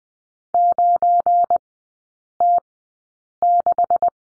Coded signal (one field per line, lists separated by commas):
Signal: Morse code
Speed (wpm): 20 wpm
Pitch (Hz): 700 Hz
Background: none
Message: 9T6